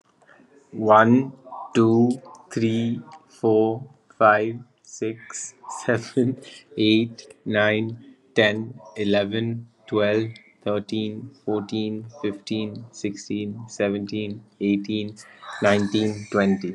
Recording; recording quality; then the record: counting at a normal pace; excellent, no background noise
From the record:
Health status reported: COVID-19 positive, mild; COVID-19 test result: positive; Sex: male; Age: 24 years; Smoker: no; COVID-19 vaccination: both doses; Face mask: not worn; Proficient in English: yes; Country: India